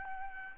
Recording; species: mosquito wingbeat signal from an infrared sensor; Aedes albopictus